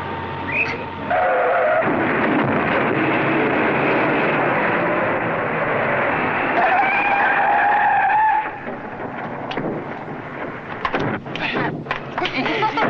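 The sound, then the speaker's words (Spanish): A new car, its key left in the ignition, roars to life and speeds away with high squealing tires, a loud sustained rush that abruptly drops after several seconds to a quieter rumble with scattered clatter. “Ah, la llave está puesta. No creo que este auto nuevo corra mucho.”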